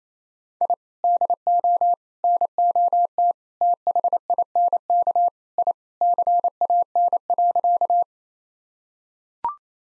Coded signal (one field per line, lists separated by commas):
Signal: Morse code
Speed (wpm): 28 wpm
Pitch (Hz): 700 Hz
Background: none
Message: I DO NOT THINK I CAN.